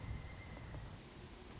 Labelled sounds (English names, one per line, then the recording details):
Pileated Woodpecker
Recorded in Sonoma County, California